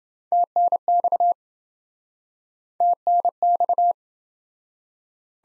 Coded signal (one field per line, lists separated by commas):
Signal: Morse code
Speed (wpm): 26 wpm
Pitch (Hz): 700 Hz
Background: none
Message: TNX TNX